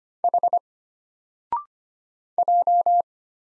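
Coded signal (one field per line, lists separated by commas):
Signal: Morse code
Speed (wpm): 25 wpm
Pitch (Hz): 700 Hz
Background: none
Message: H J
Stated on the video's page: Morse drill of single letters at 25 wpm, each sent, then spoken after a 0.6-second pause, then sent again, for instant character recognition.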